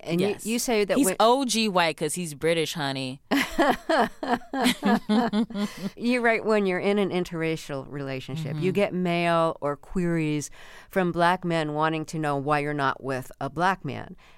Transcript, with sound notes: you say that...
He's OG white because he's British, honey.
(LAUGHTER)
...You write, when you're in an interracial relationship, you get mail or queries from black men wanting to know why you're not with a black man.